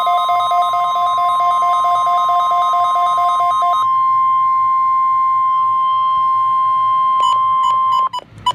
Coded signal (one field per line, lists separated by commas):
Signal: Emergency Alert System (SAME) tones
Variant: 1050 Hz attention tone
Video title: WWF35 Required Weekly Test (7/20/16) (EAS #68)